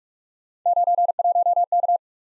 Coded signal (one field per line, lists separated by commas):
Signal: Morse code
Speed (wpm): 44 wpm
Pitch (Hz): 700 Hz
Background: none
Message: 91K